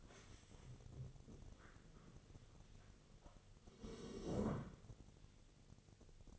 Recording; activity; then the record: daily activity, microphone in the room; stand up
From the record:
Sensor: 4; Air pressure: 1001.2 hPa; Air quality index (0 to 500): 181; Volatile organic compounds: 2 ppm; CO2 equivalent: 1298 ppm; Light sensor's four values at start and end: 13/30/12/12 and 13/30/12/12